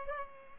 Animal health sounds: mosquito wingbeat signal from an infrared sensor; Culex pipiens

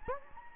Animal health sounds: mosquito wingbeat signal from an infrared sensor; Anopheles gambiae

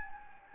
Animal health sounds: mosquito wingbeat signal from an infrared sensor; Anopheles gambiae

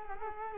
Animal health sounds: mosquito wingbeat signal from an infrared sensor; Culex quinquefasciatus

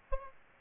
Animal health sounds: mosquito wingbeat signal from an infrared sensor; Aedes aegypti

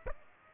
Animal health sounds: mosquito wingbeat signal from an infrared sensor; Aedes aegypti

